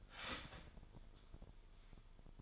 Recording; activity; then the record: daily activity, microphone in the room; start toaster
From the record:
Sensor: 5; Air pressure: 1002.1 hPa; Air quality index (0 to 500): 208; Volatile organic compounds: 20 ppm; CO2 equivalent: 2695 ppm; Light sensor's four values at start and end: 33/108/41/43 and 33/108/41/43